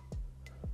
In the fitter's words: you hear that click it's fully in